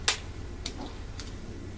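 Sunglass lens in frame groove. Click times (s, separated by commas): 0.1 s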